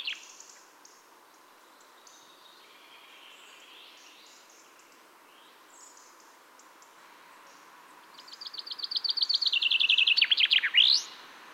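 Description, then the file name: Common chaffinch song: a bright trill starts near eight seconds, descends in steps and ends in a quick rising flourish. "Fringilla coelebs"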